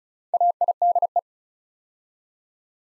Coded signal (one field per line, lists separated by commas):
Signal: Morse code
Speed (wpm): 34 wpm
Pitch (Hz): 700 Hz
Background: none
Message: AIDE